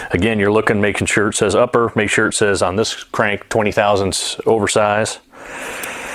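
Someone talks while handling an upper main bearing shell, a metal insert marked "upper" and sized twenty thousandths oversize for the crank, before it goes into its main saddle in the engine block of a 351C being built for a 1970 Mach 1. Speech fills most of the clip, then it trails off into a low steady background hiss over the last second. Nothing has seated or clicked yet.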